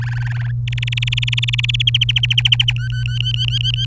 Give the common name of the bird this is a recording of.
Domestic Canary